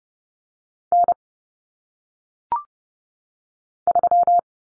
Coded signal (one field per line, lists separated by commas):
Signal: Morse code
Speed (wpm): 30 wpm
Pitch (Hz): 700 Hz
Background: none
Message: N 3